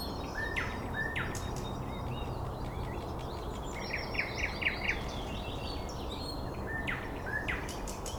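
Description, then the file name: Birds singing, with a clear series of repeated sharp chirps near the middle, plus scattered whistles and other calls over a low steady hiss. Recorded 9 May 2014 at 06:39. "birds 140509 0639"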